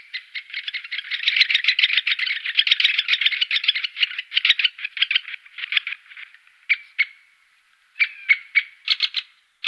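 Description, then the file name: Great spotted woodpecker chattering calls, a dense, fast buzzy rattle for about six seconds, then breaking into short separate bursts of sharp notes. Recorded in Adamello Brenta Natural Park. "Picchio rosso maggiore da PNAB"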